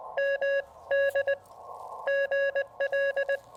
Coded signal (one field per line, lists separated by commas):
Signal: Morse code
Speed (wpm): 20 wpm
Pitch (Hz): 1650 Hz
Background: none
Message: MD GL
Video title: Final Bug-Out Month Activation: Pairing a heavy bug with a lightweight QRP field radio kit!